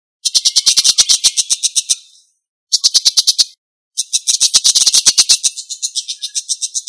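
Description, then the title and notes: Bird song given as shrill, rapidly pulsed chattering trills in three bursts, the final one long and gradually softening. Indonesia. "Kumpulan Kicau Burung Indonesia"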